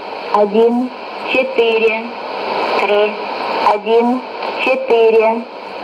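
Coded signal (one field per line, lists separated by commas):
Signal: numbers station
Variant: S06s Russian Lady, Russian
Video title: 11 01 2018 Numbers station S06s Russian Lady in Russian to Eu 0940 on 9540 unknown tx site in CUSB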